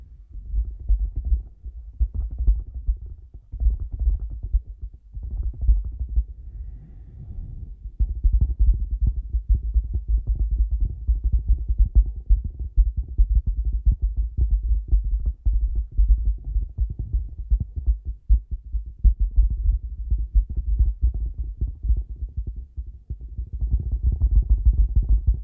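Massage-style ASMR triggers recorded through headphones used as a mic, heard as deep, muffled rubbing and thumping with almost nothing bright on top. The soft low thuds come in dense, irregular bursts throughout, with short quieter gaps, and a steady low hum sits underneath.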